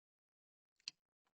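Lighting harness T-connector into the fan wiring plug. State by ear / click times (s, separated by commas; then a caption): seated / 0.9 s. A plastic T-tap wiring harness connector for Boosted Lighting Solutions engine compartment lights on a C8 Corvette is pushed into the fan wiring plug connector. After quiet, a few soft taps lead into one sharp, bright click at 0.9 s as it snaps into place, followed by two faint ticks near 1.3 and 1.4 s. The connector is seated.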